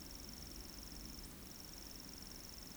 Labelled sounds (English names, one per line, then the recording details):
Eurasian Woodcock whistle
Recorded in Baden-Württemberg, Germany, on 9 June 2021 at 20:15 UTC
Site 25175, 602 m above sea level